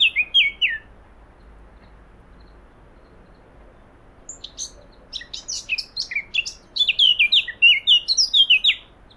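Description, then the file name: Eurasian blackcap gives a brief burst of falling whistles, then after a quiet pause returns with a longer, quick chattering warble of high notes. "Sylvia atricapilla"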